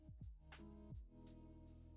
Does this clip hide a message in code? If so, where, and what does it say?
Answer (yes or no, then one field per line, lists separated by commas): no